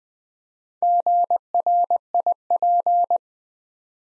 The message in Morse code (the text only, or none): GRIP